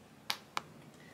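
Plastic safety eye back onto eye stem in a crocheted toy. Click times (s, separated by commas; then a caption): 0.3 s, 0.6 s. A plastic washer back is pushed onto the stem of a plastic safety eye from the inside of a crocheted yarn hippo head. Two sharp clicks are heard at 0.3 and 0.6 seconds, and the back seats on the stem.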